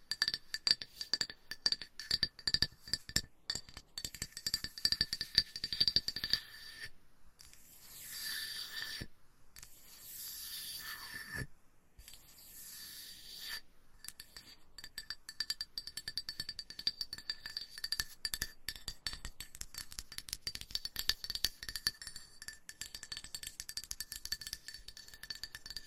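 Gentle tapping and scratching on a hard surface, with quick light taps that clink like glass for the first seven seconds and again from about 14 seconds on. In between, softer continuous scratching and rubbing takes over, broken by a few brief silences.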